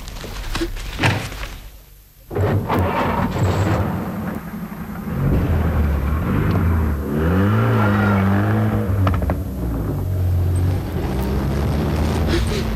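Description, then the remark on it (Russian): A car engine starts up and revs, its low rumble rising and shifting in pitch as the vehicle pulls away and keeps driving, steady and fairly loud throughout. “Тащи вещи в машину. Пойдем, Полин. Пойдем, пойдем. Разберемся. Поехали.”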